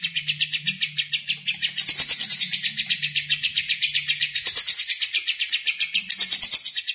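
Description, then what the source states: Lovebird chattering continuously in rapid, sharp, high chirps, interrupted by a few louder, harsher bursts. Lovebird singing in the konslet style.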